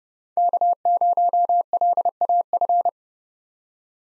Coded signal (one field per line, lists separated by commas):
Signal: Morse code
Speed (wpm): 30 wpm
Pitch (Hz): 700 Hz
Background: none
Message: K0LAF